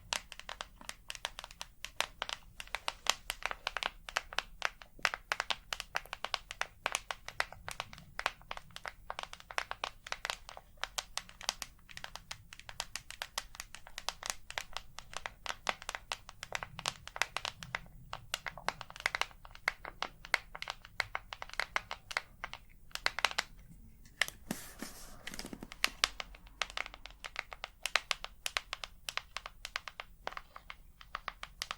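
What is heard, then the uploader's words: Quick, dense tapping runs throughout, crisp and bright with uneven clicks, pausing briefly around twenty-four seconds. ASMR 100% Tapping For SleepRelaxation (No Talking).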